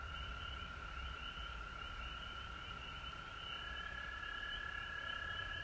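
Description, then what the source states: Frogs in chorus, a steady high trilling drone overlaid with faster pulsing notes above it, unbroken throughout, over a low background rumble. Frogs recorded at home in Georgia on March 19, 2020.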